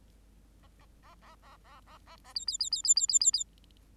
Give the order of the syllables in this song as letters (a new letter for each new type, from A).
A A A A A A A A A B B B B B B B B B